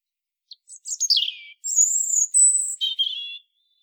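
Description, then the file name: European robin song phrase: a few high ticks, a falling slurred note, then sustained thin whistles and a quavering lower trill. "Erithacus rubecula"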